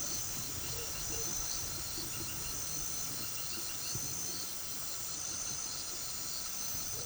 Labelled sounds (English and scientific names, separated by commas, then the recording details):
none
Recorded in pastures near Puerto Asís, Putumayo, Colombia, on 4 March 2025 at 18:30
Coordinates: 0.487, -76.322
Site G077